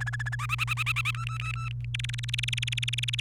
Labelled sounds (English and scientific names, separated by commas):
Domestic Canary (Serinus canaria) song